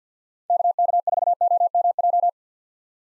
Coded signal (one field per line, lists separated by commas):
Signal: Morse code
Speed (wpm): 50 wpm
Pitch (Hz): 700 Hz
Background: none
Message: KK4OMJ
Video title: 2023 POTA Hunter Call Signs - 50wpm